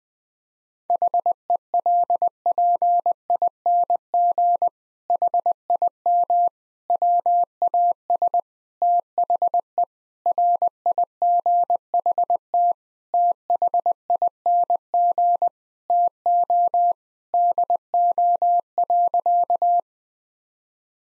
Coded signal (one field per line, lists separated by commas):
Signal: Morse code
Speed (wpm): 21 wpm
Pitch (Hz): 700 Hz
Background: none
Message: HELPING HIM WAS THE RIGHT THING TO DO.